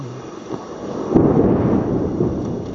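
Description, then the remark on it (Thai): Thunder before rain: a deep rolling rumble swells suddenly about a second in and keeps grumbling low and steady to the end, with no voices over it. “รีบซะเดี๋ยวฝนจะมาไล่นะ”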